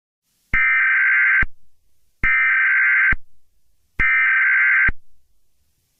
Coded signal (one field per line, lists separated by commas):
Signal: Emergency Alert System (SAME) tones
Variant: header bursts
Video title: |EAS Scenario: SCORPIUS REX| A Jurassic World EAS Scenario.